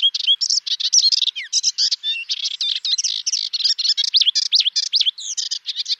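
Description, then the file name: Melodious warbler song, a dense nonstop babble of rapid mixed notes, scratchy chirps and sliding whistles tumbling together without pause for six seconds. "Hypolais polyglotte"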